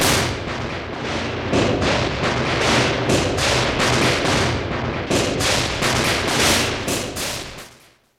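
A dense, continuous barrage of a whole set of fireworks put into a tiled stove at New Year, exploding inside it, loud sharp cracks and bangs crowding over one another for several seconds before fading out abruptly, with no voices.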